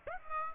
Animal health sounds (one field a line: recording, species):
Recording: mosquito wingbeat signal from an infrared sensor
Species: Aedes aegypti